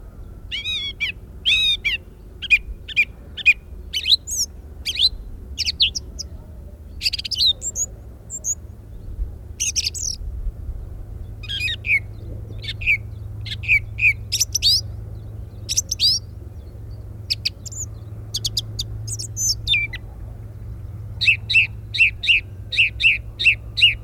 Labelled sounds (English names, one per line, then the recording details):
Song Thrush song
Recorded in the wild
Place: Pingarati, Moldova, RO
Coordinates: 46.93, 26.187
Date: 1973-04-19
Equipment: Nagra III BH, Sennheiser MD 21, parabola
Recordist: Schubert, Michael